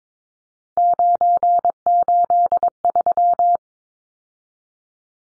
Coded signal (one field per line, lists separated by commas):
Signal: Morse code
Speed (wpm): 22 wpm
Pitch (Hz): 700 Hz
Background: none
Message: 983